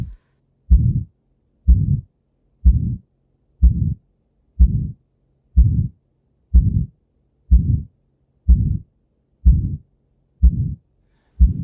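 Heart of an older person with aortic stenosis heard by stethoscope: a regular rhythm around 62 beats per minute with a murmur on each beat.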